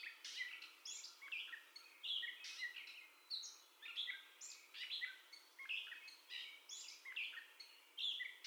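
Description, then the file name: Gray catbird song, a series of separate scratchy and whistled phrases in quick succession, each one changing in tone. Described as the catbird's first song, recorded on 30 May 2021. "2021-05-30 Catbird First Song"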